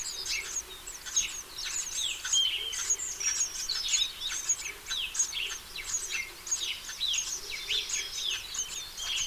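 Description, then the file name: House sparrows chirping in a dense, overlapping chorus of short high chirps and tweets, continuous through the whole stretch with no pauses. "Passer domesticus"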